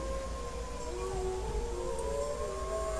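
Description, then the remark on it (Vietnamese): The wolf king raises its head toward the bright moon and howls long and steadily, its drawn-out tone sliding slowly in pitch with a faint second voice-like line beneath, over a low constant rumble, with no talking. “ngẩng đầu hướng về vầng trăng sáng vằn vặc và chu lên một tiếng dài.”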